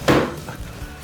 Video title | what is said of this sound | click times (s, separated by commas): Getting Started - BV6040VZ | there you go and that's clicked into place there and everything is nice and firm | 0.1 s